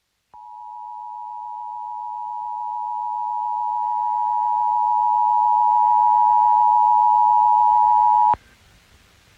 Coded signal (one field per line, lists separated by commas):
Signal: Emergency Alert System (SAME) tones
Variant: 853 and 960 Hz attention tone